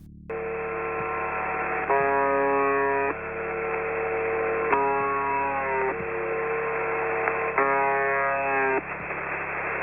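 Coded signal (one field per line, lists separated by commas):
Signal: channel marker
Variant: UVB-76 (The Buzzer)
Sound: hissy shortwave noise broken by three harsh, rasping buzzes, each about a second long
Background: radio static, low hum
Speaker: The UEB-76, also known as the Buzzer, is a shortwave radio station which broadcasts some strange noises. It broadcasts a strange buzzing sound which is played 25 times a minute, all day, all year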